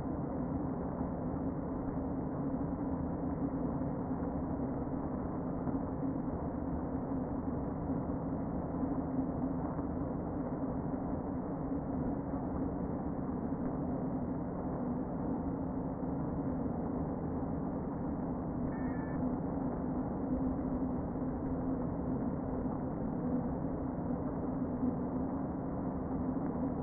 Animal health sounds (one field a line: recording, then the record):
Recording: honeybee colony, microphone inside the hive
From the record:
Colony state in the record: queen present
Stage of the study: before two queens were removed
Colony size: about 60,000 bees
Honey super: yes